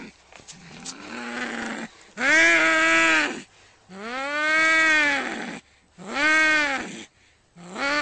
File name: angry cat sound effect